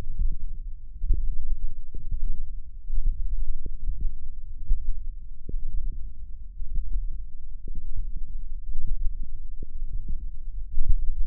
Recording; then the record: forearm muscle sounds (acoustic myography)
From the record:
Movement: hook grip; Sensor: system 1, eight BSWA MPA416 microphones around the upper forearm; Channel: 5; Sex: female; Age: 21 years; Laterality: right